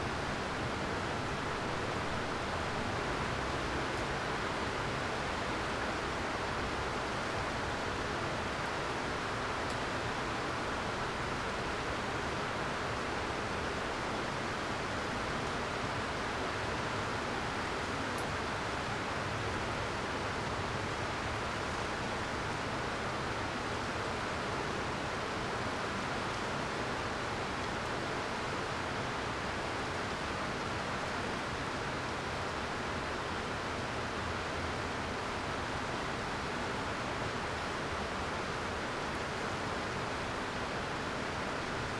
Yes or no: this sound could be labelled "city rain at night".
yes